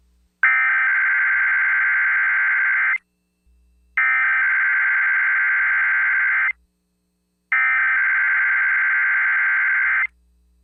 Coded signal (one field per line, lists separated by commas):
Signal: Emergency Alert System (SAME) tones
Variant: header bursts